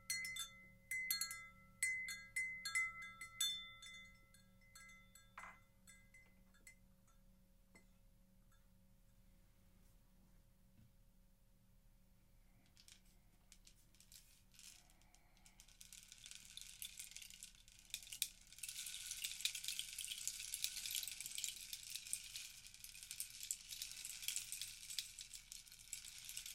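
Chimes sparkle and ring out over the first six seconds, fading into a steady, humming singing bowl tone that holds low underneath throughout. From about thirteen seconds a rainstick begins, its bright, dense trickle of pattering beads swelling louder and fuller until the end.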